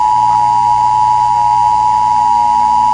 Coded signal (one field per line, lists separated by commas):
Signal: Emergency Alert System (SAME) tones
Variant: 853 and 960 Hz attention tone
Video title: HAMMERTIME: AN EAS/EBS SCENARIO